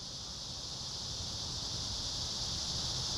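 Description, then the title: Cicadas in a continuous high buzz that grows slightly louder toward the end, with soft low rumbling. Several cicadas in a park. "neoscenes: cicadas in the park"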